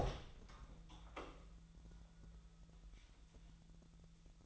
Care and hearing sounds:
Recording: daily activity, microphone in the room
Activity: open door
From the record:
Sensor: 3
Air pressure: 1001.2 hPa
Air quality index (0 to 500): 249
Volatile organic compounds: 179 ppm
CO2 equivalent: 4139 ppm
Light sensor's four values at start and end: 8/20/8/7 and 11/26/11/10

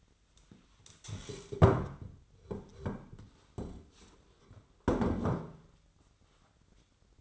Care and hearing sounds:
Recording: daily activity, microphone in the room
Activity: stand up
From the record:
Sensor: 3

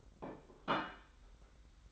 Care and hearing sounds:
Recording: daily activity, microphone in the room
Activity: place plate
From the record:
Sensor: 3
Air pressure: 991.7 hPa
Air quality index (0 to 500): 179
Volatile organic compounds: 1000 ppm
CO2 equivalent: 5995 ppm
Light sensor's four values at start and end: 34/97/39/34 and 34/97/39/34

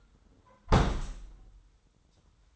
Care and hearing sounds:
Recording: daily activity, microphone in the room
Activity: close window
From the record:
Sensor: 3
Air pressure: 990.3 hPa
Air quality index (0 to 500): 191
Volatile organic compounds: 1000 ppm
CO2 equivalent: 6232 ppm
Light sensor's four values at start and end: 31/74/30/28 and 32/75/30/29

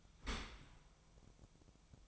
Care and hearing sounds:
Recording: daily activity, microphone in the room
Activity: open dishwasher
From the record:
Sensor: 1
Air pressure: 1004.7 hPa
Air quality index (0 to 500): 119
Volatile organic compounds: 4 ppm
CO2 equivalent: 1645 ppm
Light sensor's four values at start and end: 9/21/8/9 and 9/21/8/9

